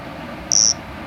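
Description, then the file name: A single short, high, pure-toned cricket chirp lasting about a quarter second, with faint hiss before and after. "Nesobia mjobergi"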